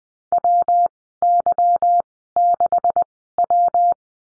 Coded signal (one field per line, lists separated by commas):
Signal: Morse code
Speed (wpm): 20 wpm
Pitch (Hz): 700 Hz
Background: none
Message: W Y 6 W